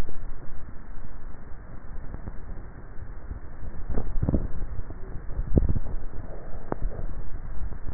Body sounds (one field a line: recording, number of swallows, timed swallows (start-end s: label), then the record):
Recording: swallowing sounds by neck microphone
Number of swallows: 2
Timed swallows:
3.57-4.95 s: swallow
5.48-6.08 s: swallow
From the record:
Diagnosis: dysphagia